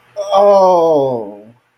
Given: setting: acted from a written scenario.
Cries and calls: vocal sound without words; negative surprise

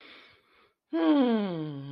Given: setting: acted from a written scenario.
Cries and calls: vocal sound without words; contentment

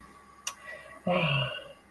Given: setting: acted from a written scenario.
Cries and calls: vocal sound without words; disappointment

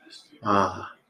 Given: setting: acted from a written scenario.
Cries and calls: vocal sound without words; romantic love

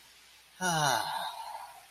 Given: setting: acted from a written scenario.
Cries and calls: vocal sound without words; contentment

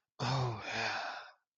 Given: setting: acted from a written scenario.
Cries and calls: vocal sound without words; ecstasy

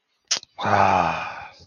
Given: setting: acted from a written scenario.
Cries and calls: vocal sound without words; disappointment

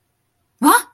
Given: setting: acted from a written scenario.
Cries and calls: vocal sound without words; positive surprise

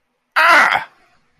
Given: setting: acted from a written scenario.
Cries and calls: vocal sound without words; pain

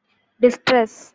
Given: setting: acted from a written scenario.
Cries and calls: vocal sound without words; distress

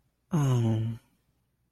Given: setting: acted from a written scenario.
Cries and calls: vocal sound without words; sympathy

